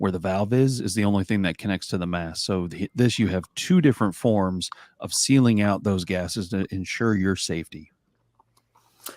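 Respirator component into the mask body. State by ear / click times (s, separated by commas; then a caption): seated / 9.1 s. Someone talks, then after a short quiet stretch with faint small ticks, a respirator component is pressed back onto the plastic mask body and snaps into place with a sharp click at 9.1 s. The part is seated and held by a locking tab.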